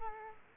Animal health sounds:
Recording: mosquito wingbeat signal from an infrared sensor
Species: Culex quinquefasciatus

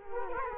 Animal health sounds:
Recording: mosquito wingbeat signal from an infrared sensor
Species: Culex quinquefasciatus

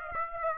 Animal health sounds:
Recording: mosquito wingbeat signal from an infrared sensor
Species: Aedes aegypti

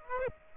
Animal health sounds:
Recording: mosquito wingbeat signal from an infrared sensor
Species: Aedes aegypti

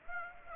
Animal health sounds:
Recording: mosquito wingbeat signal from an infrared sensor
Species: Aedes aegypti

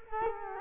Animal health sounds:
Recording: mosquito wingbeat signal from an infrared sensor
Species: Culex quinquefasciatus

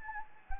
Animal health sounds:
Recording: mosquito wingbeat signal from an infrared sensor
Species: Anopheles gambiae

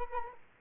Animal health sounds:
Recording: mosquito wingbeat signal from an infrared sensor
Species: Culex quinquefasciatus

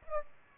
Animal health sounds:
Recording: mosquito wingbeat signal from an infrared sensor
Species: Aedes aegypti

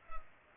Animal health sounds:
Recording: mosquito wingbeat signal from an infrared sensor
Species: Culex pipiens

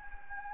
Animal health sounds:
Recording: mosquito wingbeat signal from an infrared sensor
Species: Anopheles gambiae

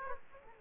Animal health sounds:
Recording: mosquito wingbeat signal from an infrared sensor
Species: Aedes aegypti

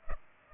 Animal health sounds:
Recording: mosquito wingbeat signal from an infrared sensor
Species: Culex pipiens

